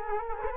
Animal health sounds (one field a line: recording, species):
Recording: mosquito wingbeat signal from an infrared sensor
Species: Culex quinquefasciatus